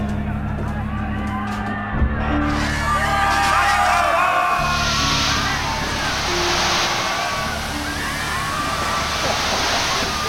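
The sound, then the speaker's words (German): Fire hoses connected to hydrants spray a powerful rush of water that hisses loudly at a crowd, over its agitated shouts and cries, while a steady low mechanical drone, like a pump engine, hums underneath throughout. “Feuerwehrschläuche an Hydranten und dann volles Rohr Wasser auf die roten Drecksäcke.”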